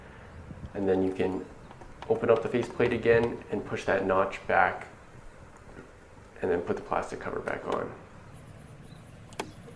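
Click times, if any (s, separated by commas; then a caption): 9.3 s, 9.4 s. Someone talks, then a plastic cover is refitted onto a keyless gate lock body after the code has been set. Two quick snaps are heard at 9.3 s and 9.4 s as the cover seats.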